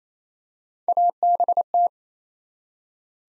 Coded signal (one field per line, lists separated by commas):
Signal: Morse code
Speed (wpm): 27 wpm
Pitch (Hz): 700 Hz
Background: none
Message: ABT